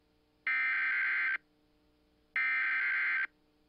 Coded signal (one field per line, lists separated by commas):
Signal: Emergency Alert System (SAME) tones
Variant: header bursts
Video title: Audio of KYOU Required Weekly Test #1 (EAS #358)